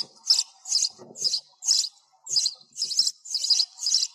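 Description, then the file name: Sparrow chirps, loud bright notes at an uneven pace, about two per second. Sparrow calling the flock together. "tieng se goi bay"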